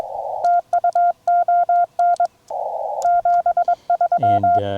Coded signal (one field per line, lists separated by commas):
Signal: Morse code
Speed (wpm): 22 wpm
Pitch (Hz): 700 Hz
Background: speech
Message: TU ON 73